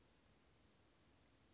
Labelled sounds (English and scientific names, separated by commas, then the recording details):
Chestnut-backed Chickadee (Poecile rufescens)
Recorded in Sonoma County, California